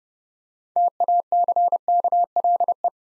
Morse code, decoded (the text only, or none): TACKLE